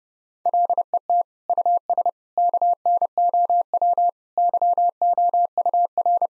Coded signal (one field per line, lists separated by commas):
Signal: Morse code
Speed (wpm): 32 wpm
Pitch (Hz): 700 Hz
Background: none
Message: LET US KNOW YOUR